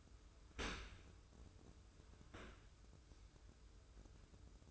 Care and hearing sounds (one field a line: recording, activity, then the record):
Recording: daily activity, microphone in the room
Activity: open dishwasher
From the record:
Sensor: 2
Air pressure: 995.6 hPa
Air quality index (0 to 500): 96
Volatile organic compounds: 5 ppm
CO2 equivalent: 1775 ppm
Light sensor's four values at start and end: 25/80/32/30 and 25/80/32/30